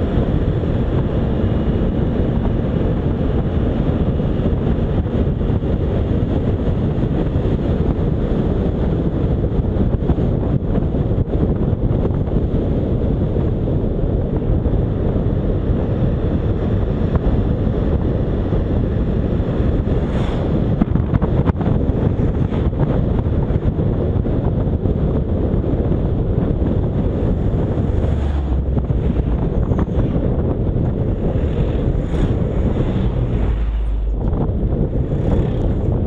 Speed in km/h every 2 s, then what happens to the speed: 53, 60, 64, 62, 58, 52, 50, 51, 54, 55, 53, 50, 48, 47, 39, 30, 26, 27.
0-4 speeds up to 64. 4-11 slows to 50. 11-19 steady at about 51. 19-31 slows to 26.